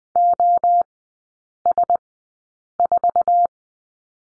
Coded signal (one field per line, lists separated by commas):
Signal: Morse code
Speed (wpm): 20 wpm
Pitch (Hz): 700 Hz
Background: none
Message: OS4